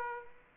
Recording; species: mosquito wingbeat signal from an infrared sensor; Aedes aegypti